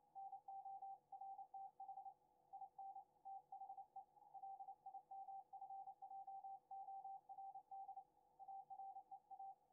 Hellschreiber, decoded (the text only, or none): none